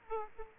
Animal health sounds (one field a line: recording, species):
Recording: mosquito wingbeat signal from an infrared sensor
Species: Aedes aegypti